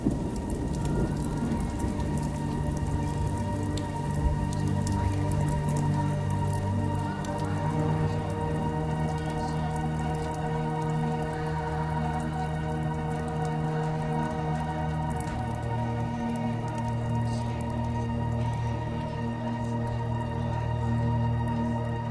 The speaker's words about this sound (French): La pluie ne forme pas les seuls traits d'union entre le sol et les cieux.